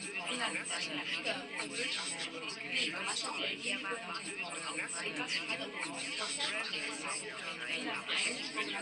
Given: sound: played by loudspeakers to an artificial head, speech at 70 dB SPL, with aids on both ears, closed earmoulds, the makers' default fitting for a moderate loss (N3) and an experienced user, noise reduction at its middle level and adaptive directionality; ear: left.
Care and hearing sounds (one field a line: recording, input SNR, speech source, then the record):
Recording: speech test signal (ISTS) in cocktail-party noise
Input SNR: -6 dB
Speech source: on the right (90 degrees)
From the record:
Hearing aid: class 2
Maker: I